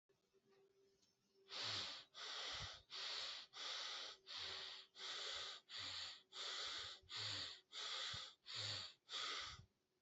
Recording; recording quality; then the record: shallow breathing; excellent, no background noise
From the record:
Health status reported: healthy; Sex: male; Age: 25 years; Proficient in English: yes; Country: India